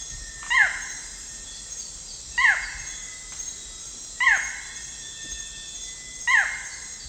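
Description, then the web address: Barred forest-falcon song: a sharp, barking note that falls in pitch, repeated about every two seconds, four times, over a steady high insect hiss. Eastern lowlands of South America. "Natures Songs S America Eastern Lowlands. Micrastur ruficollis, song"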